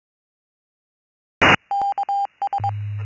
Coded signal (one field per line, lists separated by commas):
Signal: Morse code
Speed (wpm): 22 wpm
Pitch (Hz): 800 Hz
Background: none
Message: K S